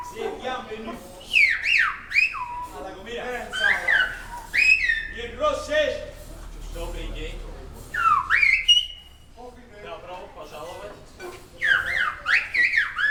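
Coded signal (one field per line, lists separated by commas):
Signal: whistled language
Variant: Silbo Gomero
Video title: Silbo Gomero - гомерский свист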